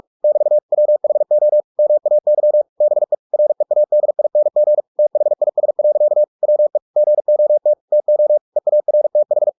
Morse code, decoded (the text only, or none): <BT> WHO MAY BE READING THIS. WE GOT TO EARTH